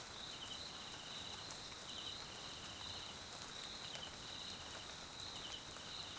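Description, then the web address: Crickets producing a sustained high trill with clusters of quick chirps recurring, accompanied by rain pattering and scattered drips. South African crickets, background ambience at night in rain, Mkhaya jungle, Swaziland. "Tonschliff - SOUTH AFRICAN CRICKETS BG Swaziland Mkhaya Jungle Night Rain"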